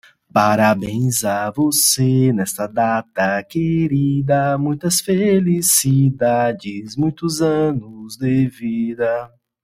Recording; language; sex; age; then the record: short text; Brazilian Portuguese; male; 40 to 49 years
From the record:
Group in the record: control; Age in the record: 43 years